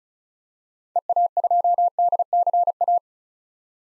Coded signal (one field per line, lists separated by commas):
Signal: Morse code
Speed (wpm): 36 wpm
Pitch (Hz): 700 Hz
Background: none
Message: EA2DCA